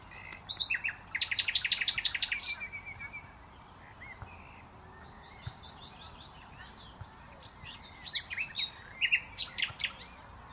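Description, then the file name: Common nightingale singing a loud, fast run of repeated harsh notes lasting nearly two seconds, followed by quieter varied phrases and another burst of sharp notes near the end. "Luscinia megarhynchos"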